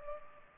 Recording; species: mosquito wingbeat signal from an infrared sensor; Culex pipiens